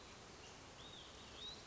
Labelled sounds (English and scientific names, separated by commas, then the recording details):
Olive-sided Flycatcher (Contopus cooperi)
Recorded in Sonoma County, California